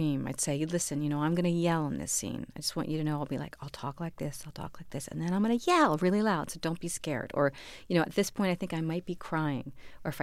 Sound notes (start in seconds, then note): none